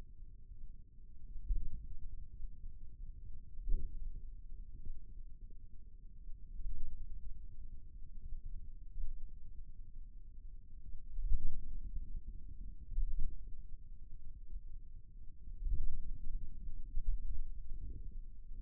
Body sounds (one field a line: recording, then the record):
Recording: forearm muscle sounds (acoustic myography)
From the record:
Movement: finger pinch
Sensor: system 2, bracelet of six BSWA MPA416 microphones around the upper forearm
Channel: 3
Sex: male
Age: 22 years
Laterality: right